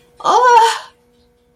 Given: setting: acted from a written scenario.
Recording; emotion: vocal sound without words; elation